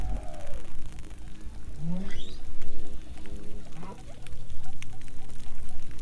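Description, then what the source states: Bearded seal underwater calls: descending and rising gliding tones with layered harmonic bands over a low rumbling background. Recorded by hydrophone lowered from a research ship in the Arctic marginal ice zone; the seal's head was out of the water nearby; a singing, beautiful tone.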